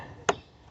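An air box cover clip on a 2003-2007 Pontiac Vibe is snapped back onto the air filter housing during an engine air filter replacement. A single sharp snap is heard at 0.3 s, and the clip is seated and closed.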